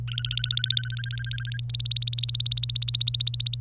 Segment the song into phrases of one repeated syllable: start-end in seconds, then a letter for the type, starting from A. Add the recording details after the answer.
0.08-1.61 A, 1.70-3.56 B. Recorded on 25 April 2018 at 08:49. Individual llb3